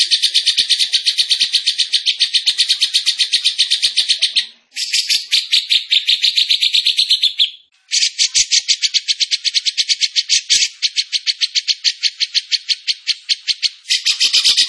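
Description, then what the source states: Bird song of extended, dense, buzzing trills in several long runs broken by short pauses, high-pitched and energetic. Masteran training recording of a bird singing energetically (gacor) in the tembakan style, Indonesia.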